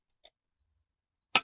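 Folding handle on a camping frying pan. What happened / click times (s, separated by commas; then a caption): The folding handle latch released / 1.4 s. The locked steel folding handle of a Stanley Prep & Eat camping frying pan is squeezed to release it so it can fold back over the pan. Two faint light ticks come at 0.1 and 0.3 s, then a sharp, loud metallic click at 1.4 s as the handle releases.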